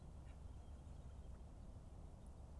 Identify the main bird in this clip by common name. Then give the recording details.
Mallard. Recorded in Germany. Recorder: ecoPi